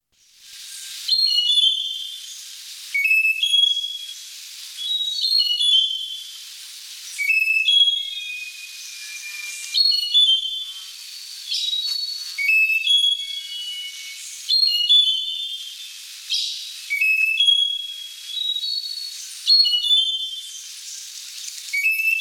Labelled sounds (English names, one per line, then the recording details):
Slaty-backed Nightingale-Thrush song
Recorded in the wild
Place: Monteverde Urwaldreservat, CR
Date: 1992-04-16
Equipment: Dat-Recorder Casio DA 7, Telinga DAT, Telinga-Parabolspiegel
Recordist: Schwarz, Dieter
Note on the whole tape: Song